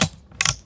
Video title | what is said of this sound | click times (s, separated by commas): 3년 연속 예판 1위! 2526 니데커 슈퍼매틱의 진화!! 특징 및 장점 깨알 설명! #스노우보드 #snowboarding | 했을 때 누르지 않고 바로 그냥 오토로 락이 걸리는 그런 시 | 0.0 s, 0.4 s, 0.5 s